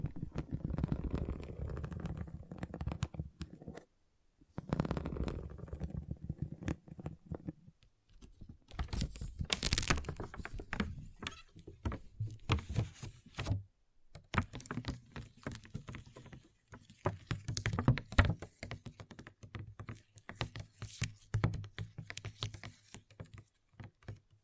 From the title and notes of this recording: ASMR Relaxing Pixel Art Beads ( No Talking).